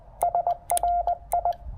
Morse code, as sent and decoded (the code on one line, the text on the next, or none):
... .-. ..
SRI